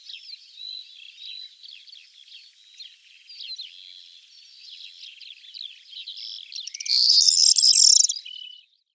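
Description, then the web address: Corn bunting song, a loud glassy jangle near the end, after several seconds of soft, continuous high twittering. "Schulze Peter Corn Bunting song"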